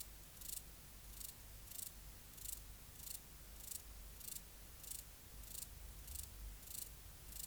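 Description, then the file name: Large mountain grasshopper song: short scratchy hisses repeated evenly, about one every two-thirds of a second, above a steady low hum. "Stauroderus scalaris"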